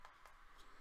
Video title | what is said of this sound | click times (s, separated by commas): Link your laptop to your new MiFi internet device | you just keep pushing it with your fingernail and it will click into place and | 0.1 s, 0.3 s